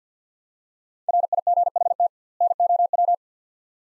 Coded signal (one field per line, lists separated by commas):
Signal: Morse code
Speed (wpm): 45 wpm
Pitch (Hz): 700 Hz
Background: none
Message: RIGHT NOW